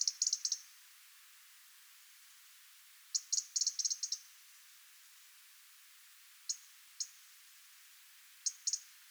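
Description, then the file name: European robin calls: quick clusters of high, dry ticks, then single isolated ticks and a final short pair, in a quiet background. "Erithacus rubecula"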